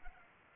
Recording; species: mosquito wingbeat signal from an infrared sensor; Culex pipiens